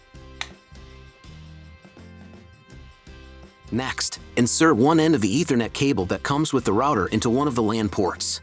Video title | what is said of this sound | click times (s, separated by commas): ✅ How to Setup TP-Link TL-R402M | Each cable should be inserted until it clicks. | 0.4 s